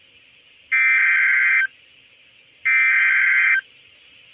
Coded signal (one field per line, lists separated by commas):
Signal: Emergency Alert System (SAME) tones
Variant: header bursts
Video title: EAS #154 Severe Thunderstorm Warning On NWR From @bt7789